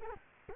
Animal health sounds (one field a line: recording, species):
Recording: mosquito wingbeat signal from an infrared sensor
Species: Culex quinquefasciatus